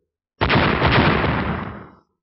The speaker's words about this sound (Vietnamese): Âm thanh núi đá nổ tung lại truyền đến từ sau lưng Yên La.